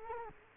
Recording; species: mosquito wingbeat signal from an infrared sensor; Culex quinquefasciatus